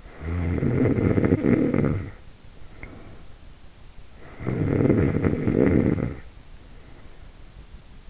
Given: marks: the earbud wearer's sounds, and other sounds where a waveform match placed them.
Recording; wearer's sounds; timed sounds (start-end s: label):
sounds in sleep by an in-ear microphone; snoring breath
0.00-3.32 s: snoring breath
4.00-7.43 s: snoring breath